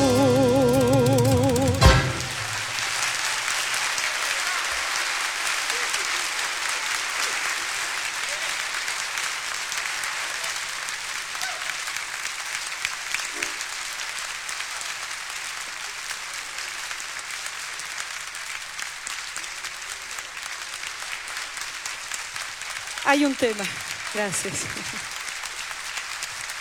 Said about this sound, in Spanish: Este aplauso compartido con el grupo …